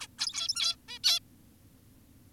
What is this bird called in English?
Zebra Finch